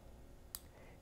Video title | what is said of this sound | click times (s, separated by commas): What Do Teachers Need to Know about Asthma? | perfect then you twist it back and forth till you hear a click | 0.6 s